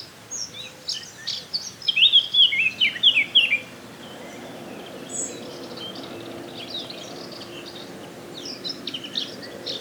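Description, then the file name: Eurasian blackcap song: one quick, rich warbled phrase early on, then mostly quiet with faint high chirps later. "Sylvia atricapilla"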